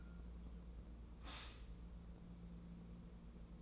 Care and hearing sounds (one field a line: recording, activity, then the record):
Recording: daily activity, microphone in the room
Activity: stop toaster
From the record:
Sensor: 1